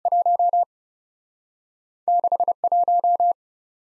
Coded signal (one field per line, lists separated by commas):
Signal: Morse code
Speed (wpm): 42 wpm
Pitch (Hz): 700 Hz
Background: none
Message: 1 6 1